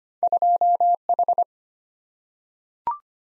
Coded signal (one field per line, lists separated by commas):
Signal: Morse code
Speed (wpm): 25 wpm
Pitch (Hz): 700 Hz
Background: none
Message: 2H